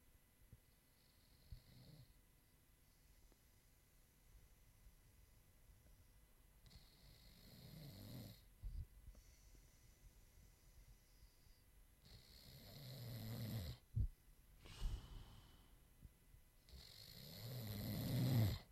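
An adult sleeper snoring, with low-pitched snores building in loudness, mixed with added tones. The tones represent the delta brain waves produced during dreaming, and the two sounds are combined to represent the sound of a person dreaming in the live piece 'Snoring Waves'.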